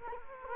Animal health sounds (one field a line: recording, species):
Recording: mosquito wingbeat signal from an infrared sensor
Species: Culex quinquefasciatus